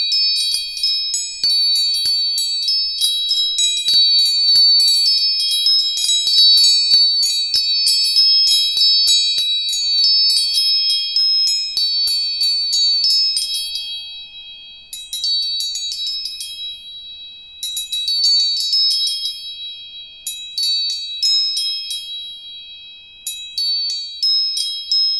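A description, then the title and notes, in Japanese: Tuning forks ring out in high, bright tones, struck again and again so many pitches overlap densely for the first fourteen seconds. One steady tone hums underneath throughout, and afterward the strikes come in shorter bursts with quiet gaps, each ring fading slowly. 音叉チューニング。639hz。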